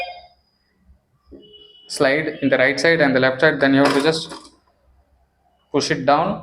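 A toner cartridge is lined up and slid along its right and left guides into a laser printer, with faint handling noises at the start, and someone talks over most of the clip. It has not yet been pushed down, and nothing has clicked or seated yet.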